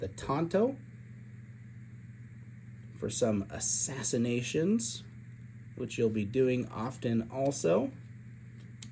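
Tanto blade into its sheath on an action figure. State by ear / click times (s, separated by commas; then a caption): seated / 8.8 s. Someone talks while the small plastic tanto blade of a sixth-scale VTS Toys Ghost of Battlefield Jin Sakai figure is pushed back into its sheath. A sharp little click sounds at 8.8 s as the blade seats in the sheath.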